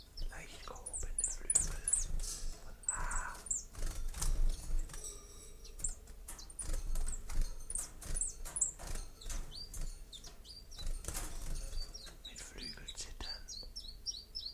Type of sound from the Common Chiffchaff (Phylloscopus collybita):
song